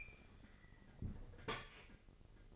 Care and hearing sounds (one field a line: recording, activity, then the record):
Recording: daily activity, microphone in the room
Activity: open fridge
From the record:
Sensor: 4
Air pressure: 996.0 hPa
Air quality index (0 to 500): 66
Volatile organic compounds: 2 ppm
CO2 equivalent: 1201 ppm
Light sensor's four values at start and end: 14/40/15/17 and 14/39/15/17